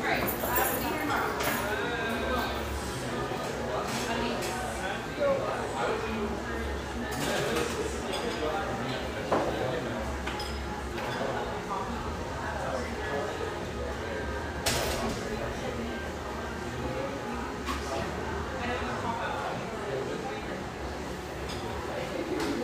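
Lively coffeeshop ambience: a steady murmur of overlapping voices, with occasional sharp clinks and clatters around 7, 9 and 15 seconds.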